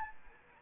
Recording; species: mosquito wingbeat signal from an infrared sensor; Anopheles arabiensis